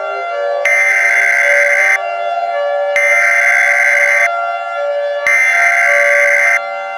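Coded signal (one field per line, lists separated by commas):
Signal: Emergency Alert System (SAME) tones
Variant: header bursts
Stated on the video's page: Fictional EAS scenario that may contain valid or invalid EAS tones.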